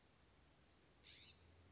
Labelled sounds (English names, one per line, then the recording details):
California Scrub-Jay
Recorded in Sonoma County, California